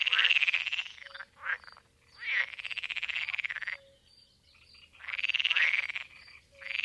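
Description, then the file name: Pool frog calling: loud, rapidly pulsed, rattling croak trains repeated with short pauses. "Kis tavi b ka"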